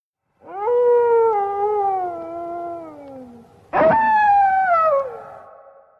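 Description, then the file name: Wolf howling: a long, smooth howl gliding slowly downward for about three seconds, then a second, higher howl that breaks in sharply and falls away. "loup"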